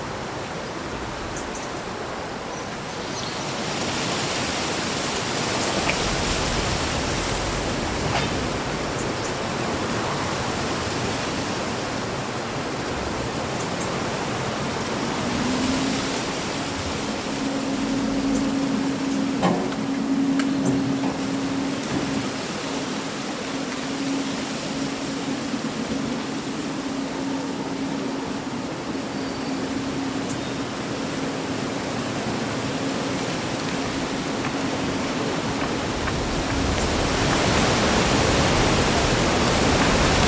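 Leaves rustle in a steady, dense hiss that rises and falls gently, growing a little louder toward the end. A low, even hum rises from about 15 seconds, peaks around 20 seconds, then fades out by roughly 30 seconds.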